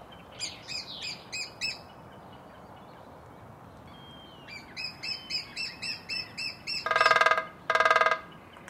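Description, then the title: Lesser spotted woodpecker giving two short series of piping kee notes with a faint whistle between, then two brief rolls of fast drumming. Shrill kiikittävä call. "Viikon luontoääni: Pikkutikka"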